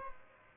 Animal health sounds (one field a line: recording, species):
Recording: mosquito wingbeat signal from an infrared sensor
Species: Aedes albopictus